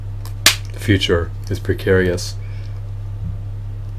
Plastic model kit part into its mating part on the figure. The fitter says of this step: all right that snapped into place has joined seem to be tight